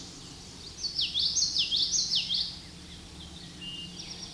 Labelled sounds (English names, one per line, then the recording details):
Common Yellowthroat song
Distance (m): 10 m
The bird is about 5 m above the microphone
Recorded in a Pennsylvania forest on 16 May 2024 at 08:06
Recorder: AudioMoth, point MSD-2061
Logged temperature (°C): 16.1 °C
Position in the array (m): 226 m, 181 m